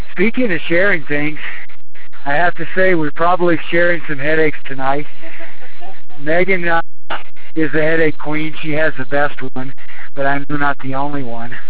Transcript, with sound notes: Speaking of sharing things, I have to say we’re probably sharing some headaches tonight [laughing in background] Maegan is the Headache Queen. She has the best one. But not the only one.